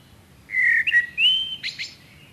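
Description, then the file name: Common blackbird sings a smooth fluted whistle with a brief upward slur, then ends with a quick rasping high twitter. "Turdus merula"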